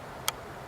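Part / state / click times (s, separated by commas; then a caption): quick release plate into lever clamp safety lock on tripod head / seated / 0.3 s. A camera plate is set into a lever-release Arca-type clamp on a tripod head, and the safety lock on the lever engages with a small, sharp click at 0.3 s. The click stands alone over a quiet, steady background and confirms the plate is now locked in place.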